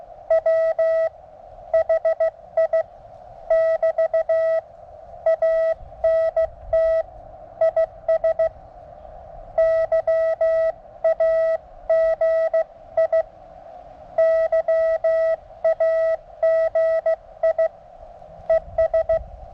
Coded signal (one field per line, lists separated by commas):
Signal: Morse code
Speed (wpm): 17 wpm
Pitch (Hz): 650 Hz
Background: none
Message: W HI <BT> ANT IS YAGI YAGI ES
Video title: 17' Whip Resonant ~ NO Antenna Tuner Needed! ~ QRP Mountain Topper MTR 3B